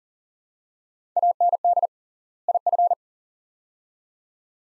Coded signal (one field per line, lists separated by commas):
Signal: Morse code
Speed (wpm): 40 wpm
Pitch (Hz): 700 Hz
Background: none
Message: AND IF